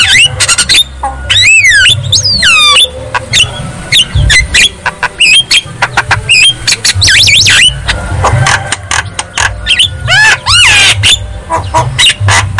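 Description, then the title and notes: Javan myna song, long dense sequence of rasping squawks, clicks and swooping whistles, with looping phrases near the start and again later on. Lure song of Javan myna, used to prompt a silent (non-singing) bird to sing. "Pancingan Jalak Kebo Bisu. Kicau Jalak Kebo"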